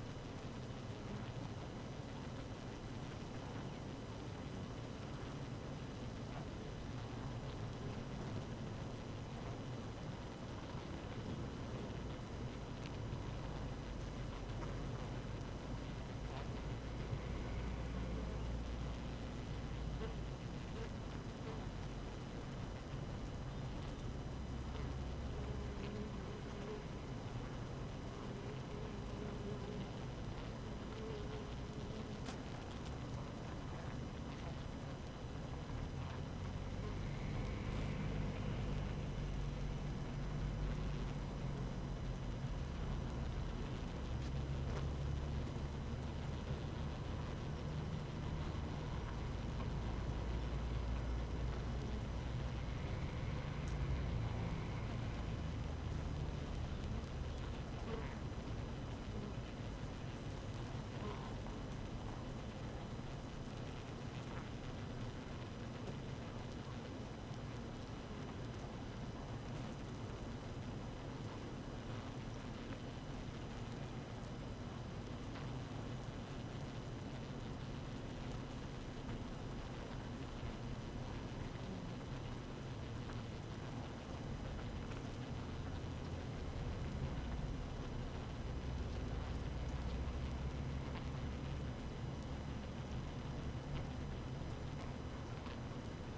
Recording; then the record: honeybee colony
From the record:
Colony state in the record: active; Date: 12 June 2018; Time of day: 6:26